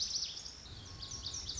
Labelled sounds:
Lazuli Bunting

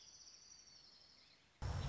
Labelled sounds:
Orange-crowned Warbler

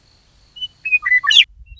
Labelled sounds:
Western Meadowlark

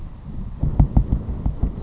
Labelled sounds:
Savannah Sparrow

